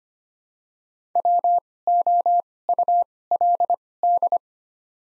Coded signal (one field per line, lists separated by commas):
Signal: Morse code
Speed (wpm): 25 wpm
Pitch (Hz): 700 Hz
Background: none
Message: WOULD